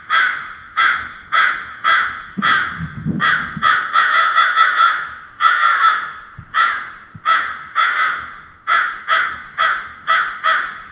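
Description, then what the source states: Crow giving many loud, harsh caws, mostly spaced but bunching into a rapid burst midway, with a faint low sound early on. Crow screaming loudly.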